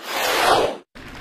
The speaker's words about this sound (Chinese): 谢谢，谢谢大家啊。热情的掌声。